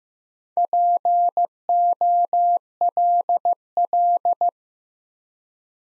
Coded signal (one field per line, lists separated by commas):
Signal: Morse code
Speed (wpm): 15 wpm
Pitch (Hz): 700 Hz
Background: none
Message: POLL